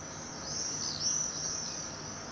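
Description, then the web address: A swift gives a drawn-out, high shrill scream that wavers slightly in pitch, with faint hiss behind it. "File Effects 02-Birds, Insects Animals 02-Birds Swifts"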